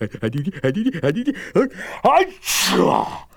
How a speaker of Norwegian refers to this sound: røyken fra bålet fikk gamle Monstrum til å nyse